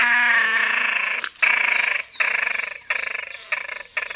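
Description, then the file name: Great crested grebe calling in harsh, buzzy, grating rattles, long bursts broken by brief gaps, rapidly pulsed and loud throughout. "perkozdwuczuby"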